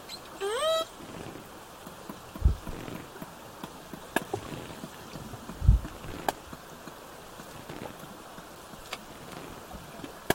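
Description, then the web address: Killer whale pulsed call: one brief, harmonic-rich upswept call early on, then scattered sharp clicks and low thumps over a steady background hiss. Southern Resident killer whales with a calf present, recorded 17 September 2024, roughly 16:32 to 17:50. "SRKW bouts 240917-1700-OS-L 90 calf 240917-1632-1750-OS-L 90 calf"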